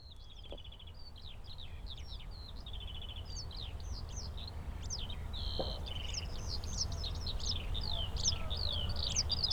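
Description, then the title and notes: Eurasian skylark delivers a fast, varied, ceaseless warble of high trills and chirps, with a couple of faint thuds and low background rumble. Skylarks singing in fields beside St. Isidore's wayside shrine, Sosna Góra, Siemianowice Śląskie, Poland, Saturday 18 May 2019; shooting range in background; Zoom H5, Audio-Technica BP4025. "Unnamed Road, Siemianowice Śląskie, Polska - skowronek przy kapliczce św. Izydora. Sobota, 18 maja 2019. Wśród pól znajduje się kapliczka świętego Izydora na Sosnej Górze. W polu śpiewają skowronki i brzęczą owady. W tle słychać strzelnicę. Nagrania terenowe Siemianowic Śląskich - Dźwiękowy Portret Miasta"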